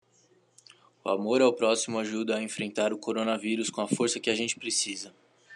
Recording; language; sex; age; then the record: spoken sentence; Brazilian Portuguese; male; 18 to 19 years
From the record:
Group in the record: control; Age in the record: 18 years